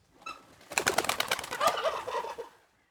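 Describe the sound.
Turkey gobble: a rapid rattling, bubbling burst lasting under two seconds, preceded by a brief faint note.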